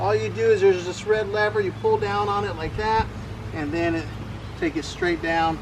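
Someone talks while handling the folding stem latch of a GOTRAX GXL electric scooter: the red release lever is pulled down and the folded handlebar stem is taken straight down toward the deck and rear fender. A steady low hum runs underneath the talk. The clip ends before the latch hooks on, so nothing has seated or clicked yet.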